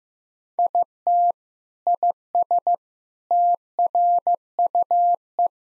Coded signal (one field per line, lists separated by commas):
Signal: Morse code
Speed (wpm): 15 wpm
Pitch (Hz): 700 Hz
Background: none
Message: IT IS TRUE